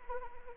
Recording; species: mosquito wingbeat signal from an infrared sensor; Anopheles arabiensis